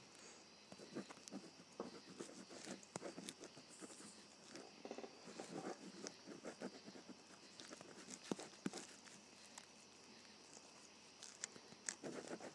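A ballpoint pen writes on paper in quick, scratchy strokes that come in dense, irregular bursts with short pauses between them. Sharper ticks and taps stand out near 8 and 12 seconds, over a faint steady hiss throughout.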